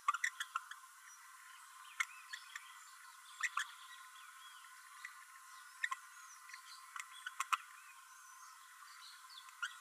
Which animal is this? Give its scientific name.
Forpus passerinus